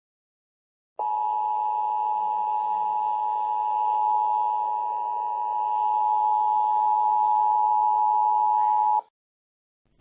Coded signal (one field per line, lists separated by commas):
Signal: Emergency Alert System (SAME) tones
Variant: 853 and 960 Hz attention tone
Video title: The Starey EAS Announcement